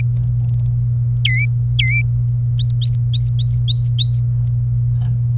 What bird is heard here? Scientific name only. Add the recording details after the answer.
Serinus canaria. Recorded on 26 April 2018 at 16:25. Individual llb3